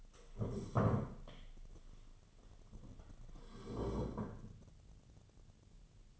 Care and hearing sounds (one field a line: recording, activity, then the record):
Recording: daily activity, microphone in the room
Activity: stand up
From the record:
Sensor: 4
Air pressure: 1016.2 hPa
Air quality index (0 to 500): 174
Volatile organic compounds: 7 ppm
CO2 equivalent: 1976 ppm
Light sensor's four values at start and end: 9/20/8/8 and 9/20/8/8